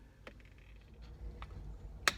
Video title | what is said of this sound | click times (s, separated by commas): Dodge Charger LED Interior Light Kit Installation | There we go. You heard that snap. | 2.1 s